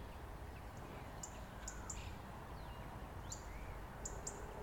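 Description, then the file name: European robin uttering sharp high ticks, some doubled, scattered through the recording over persistent low-frequency noise. "Erithacus rubecula"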